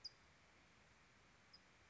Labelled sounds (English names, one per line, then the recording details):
California Towhee
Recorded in Sonoma County, California